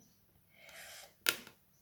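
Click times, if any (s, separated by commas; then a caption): 1.3 s. A plastic panel is pressed into a diamond painting tissue box during assembly. A soft scraping rustle runs from about 0.5 to 1.0 s, then a sharp loud snap at 1.3 s with a fainter tick at 1.5 s. The panel clips firmly into place.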